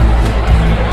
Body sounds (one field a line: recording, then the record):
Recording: background sound without coughing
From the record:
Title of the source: Party Noise 1 Hour Party Ambience